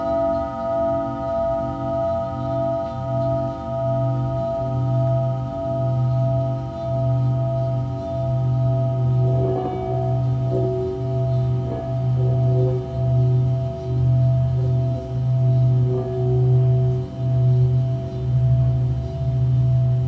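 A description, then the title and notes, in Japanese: A Tibetan singing bowl rings in a long, sustained hum, its low tone pulsing in a slow, steady wobble about once a second. Several higher, clear tones hang above it without fading. Around the middle, a few soft strikes or touches add brief brighter overtones. 夜のシンギングボウルのサウンドヒーリング。チベタンシンギングボウル。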